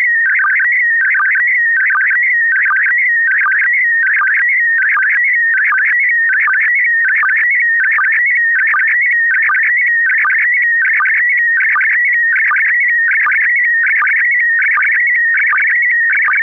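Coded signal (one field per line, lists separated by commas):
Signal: SSTV (slow-scan television)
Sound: warbling, stepping tone between mid and high pitch, with short low blips about every 0.75 s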